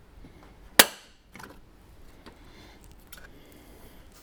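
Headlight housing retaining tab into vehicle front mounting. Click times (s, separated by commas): 0.8 s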